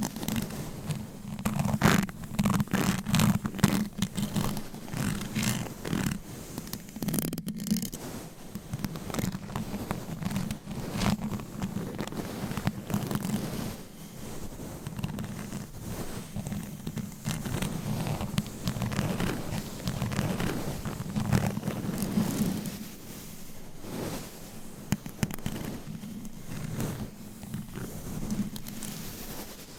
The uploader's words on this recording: Scratching , Tapping & Massage with DIFFERENT Mics , Items & Nails.